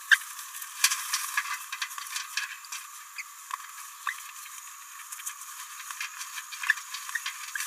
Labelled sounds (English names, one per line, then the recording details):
Green-rumped Parrotlet babbling
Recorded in a nest box in Venezuela
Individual 18B17A4